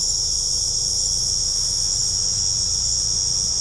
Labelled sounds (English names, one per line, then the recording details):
none
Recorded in pastures near Puerto Asís, Putumayo, Colombia, on 18 December 2024 at 19:30
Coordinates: 0.497, -76.327
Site G088